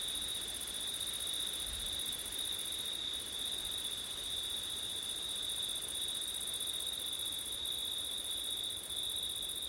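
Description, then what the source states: Crickets keep up a steady shrill trilling chorus; a short low thump comes near the two-second mark. Crickets on a September night with wind; labelled ortif.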